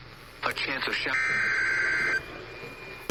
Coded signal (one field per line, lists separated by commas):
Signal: Emergency Alert System (SAME) tones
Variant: header bursts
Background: speech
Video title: Eas Fwd FFW on KEC56 Eas#1686